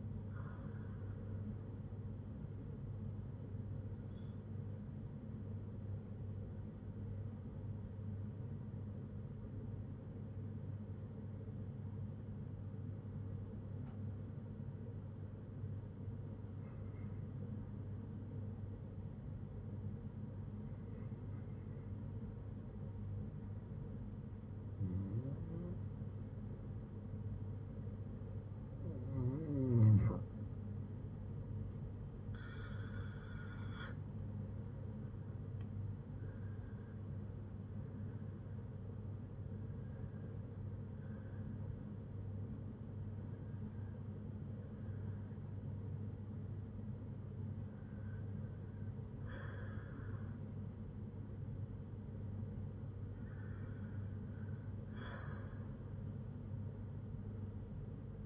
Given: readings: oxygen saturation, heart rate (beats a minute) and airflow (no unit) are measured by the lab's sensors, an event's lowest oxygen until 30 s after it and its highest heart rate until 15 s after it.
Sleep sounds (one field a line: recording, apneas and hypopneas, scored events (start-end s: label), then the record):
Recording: breathing in sleep by a smartphone at the bedside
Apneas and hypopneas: 1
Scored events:
7.00-29.20 s: hypopnea (N1, oxygen 96% highest, then 88% lowest, heart rate 59 at the start, 78 highest)
From the record:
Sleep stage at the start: N1 (lightest sleep)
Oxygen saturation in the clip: 88 to 97%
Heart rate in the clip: 58 to 78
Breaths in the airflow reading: 12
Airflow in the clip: -6.2 to 6.9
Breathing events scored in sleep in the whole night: 182 in 7.4 hours asleep